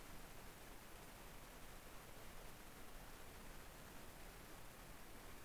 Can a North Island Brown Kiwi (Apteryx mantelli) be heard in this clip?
no